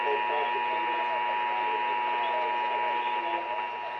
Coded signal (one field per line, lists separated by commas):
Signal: Emergency Alert System (SAME) tones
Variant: 853 and 960 Hz attention tone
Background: speech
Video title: EAS: New York City RMT on Multiple Stations (4/8/2026)